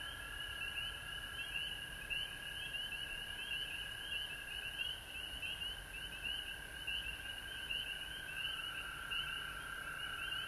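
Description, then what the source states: Frogs calling in a dense chorus, a steady droning tone underneath a rapid pulsing trill higher up, continuous throughout with low background rumble. Several frogs recorded at home in Georgia on March 19, 2020.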